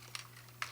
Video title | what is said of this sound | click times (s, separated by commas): New Holy Stone HS440 Drone - TOUGH as Nails! | snap oh yeah that's tiny | 0.6 s